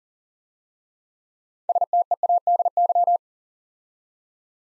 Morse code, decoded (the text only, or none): STEADY